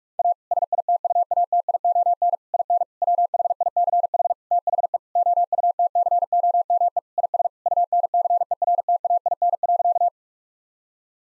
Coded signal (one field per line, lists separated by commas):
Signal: Morse code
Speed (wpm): 46 wpm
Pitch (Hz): 700 Hz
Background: none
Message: A SITUATION IN WHICH THE OUTCOME IS UNCERTAIN.